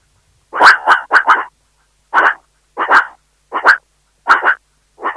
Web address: meerkat